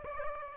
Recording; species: mosquito wingbeat signal from an infrared sensor; Aedes aegypti